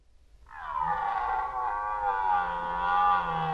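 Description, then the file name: Red deer roar, a single sustained hoarse bellow starting abruptly and holding a low, even pitch for about three seconds. Red deer roaring during the rut, recorded in 2011. "rykowisko 2011"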